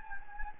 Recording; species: mosquito wingbeat signal from an infrared sensor; Anopheles gambiae